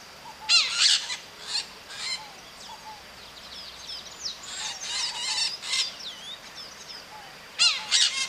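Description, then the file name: Parrot calls, irregular harsh squawks and screeches with some rising chattering notes, louder bursts at the start and end. "Maritaca"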